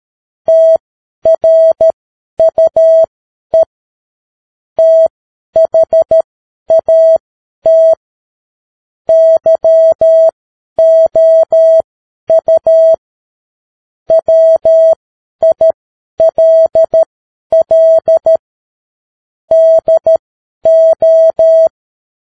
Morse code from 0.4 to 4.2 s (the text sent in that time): TRUE